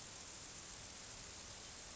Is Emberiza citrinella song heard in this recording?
no